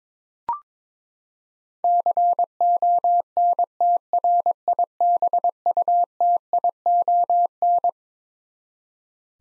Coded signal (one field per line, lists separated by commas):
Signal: Morse code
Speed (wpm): 22 wpm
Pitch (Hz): 700 Hz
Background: none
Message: CONTRIBUTION